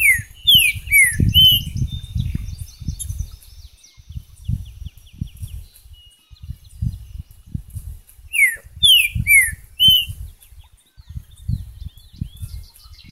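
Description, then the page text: Green-winged saltator song of several bright whistles sliding downward, in two phrases roughly eight seconds apart, with dull low thuds throughout. "TRINCA FERRO #Saltatorsimilis #natureza #trincaferro #birds"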